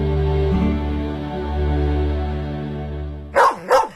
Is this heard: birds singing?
no